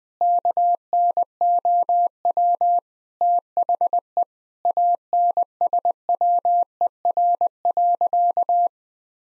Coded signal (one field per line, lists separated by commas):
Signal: Morse code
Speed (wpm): 20 wpm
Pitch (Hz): 700 Hz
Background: none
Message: KNOW THE ANSWER.